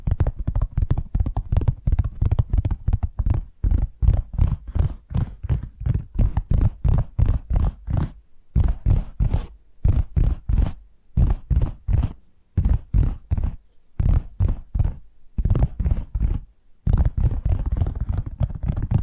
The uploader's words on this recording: ASMR 10 Addictive Tapping Triggers. (No Talking).